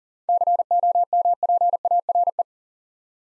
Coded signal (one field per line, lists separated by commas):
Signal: Morse code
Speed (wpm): 38 wpm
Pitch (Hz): 700 Hz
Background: none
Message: COMPARE